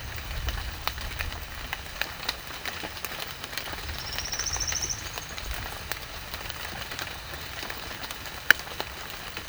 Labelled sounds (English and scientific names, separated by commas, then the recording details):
none
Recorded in secondary vegetation near Puerto Asís, Putumayo, Colombia, on 24 June 2025 at 14:00
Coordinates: 0.498, -76.327
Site GP09